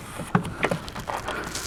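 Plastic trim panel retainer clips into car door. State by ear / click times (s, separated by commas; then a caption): not seated / none. New plastic "Christmas tree" push-in retainer clips on a classic car's interior door panel are being lined up against the door holes, making soft handling taps and rustles, with brief knocks near 0.4, 0.7 and 1.1 seconds. Nothing has seated or snapped home yet.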